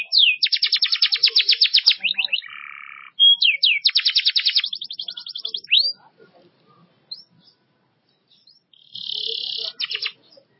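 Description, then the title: Canary song of loud rapid trills and a buzzy low phrase, then a pause with soft notes before a final high rolling trill. "Kenari"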